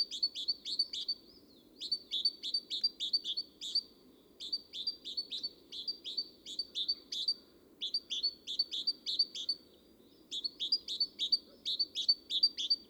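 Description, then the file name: Great tit giving rapid repeated high chirping notes in bursts of several, with brief gaps between bursts and a constant low rumble underneath. "Parus major"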